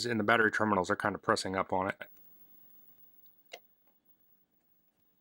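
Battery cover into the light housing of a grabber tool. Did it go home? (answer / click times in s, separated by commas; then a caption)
yes / 3.3 s, 3.5 s. Someone talks while pressing the plastic battery cover of the light on a Kekoy foldable grabber reacher (with light and magnet) closed against the battery terminals, which push up on it. After the talking stops, two small clicks are heard at 3.3 s and 3.5 s, the second louder. The battery cover snaps closed and seats in the light housing.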